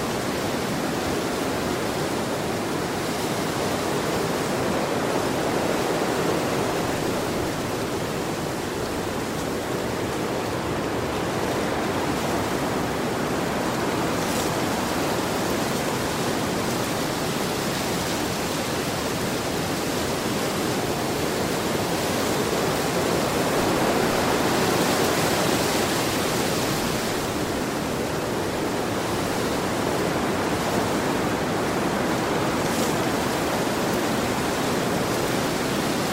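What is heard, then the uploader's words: Wind rushes steadily through leaves in a dense, airy hiss that swells gently around ten and twenty-five seconds, with faint brighter rustles. Leaves Rustling in the Wind. The gentle breeze as it blows through the leaves.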